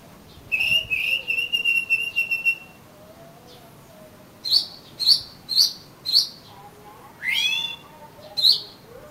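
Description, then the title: Oriental magpie-robin song: a long sustained whistle with a fluttering trill, then sharp high chips repeated about every half second and a quick upward sweep; faint lower whistles behind. "Kacer Kacer"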